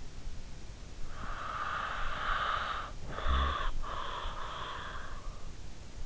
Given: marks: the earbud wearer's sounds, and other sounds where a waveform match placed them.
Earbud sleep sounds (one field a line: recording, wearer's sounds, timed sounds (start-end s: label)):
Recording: sounds in sleep by an in-ear microphone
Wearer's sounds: breath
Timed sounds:
0.88-5.16 s: breath